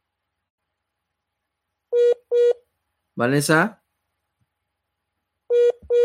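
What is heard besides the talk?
telephone line tone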